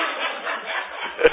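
A rough, raspy sawing noise lasting about a second: an adult's vocal imitation of loud snoring, so loud it could be mistaken for a generator.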